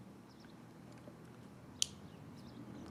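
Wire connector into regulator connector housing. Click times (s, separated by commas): 1.8 s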